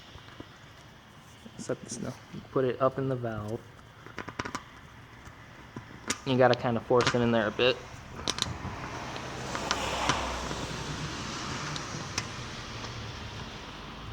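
Someone talks while pushing a valve core removal cap up into a bicycle tube valve, forcing it in to engage the core during a tire slime repair. Short sharp ticks and taps come from the handling, with a soft broadband hiss swelling near the end. The tool has not snapped onto the core yet, and nothing has seated or clicked.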